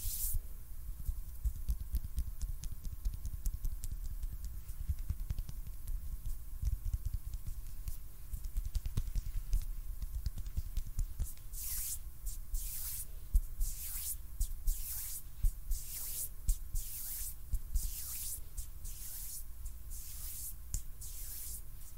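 Hand sounds, first a low, muffled rubbing with faint scattered ticks for about eleven seconds. Then bright, hissing swishes begin, repeating at a steady pace of about one per second until the end, like palms brushing briskly over each other.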